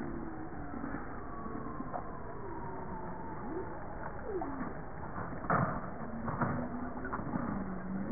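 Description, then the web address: Bowhead whale calls: several faint tonal sweeps, some falling and some level, scattered through a noisy low-frequency background, with a few short clicks. "JASA 2013 Blue Bowhead Fin Humpback Southern Right Whale"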